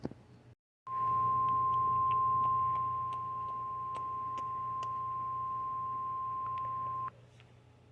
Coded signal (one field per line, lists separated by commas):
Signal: Emergency Alert System (SAME) tones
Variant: 1050 Hz attention tone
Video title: Multiple Storms:Part 3|EAS 1282-1316|EAS Alerts from June 26th-27th 2024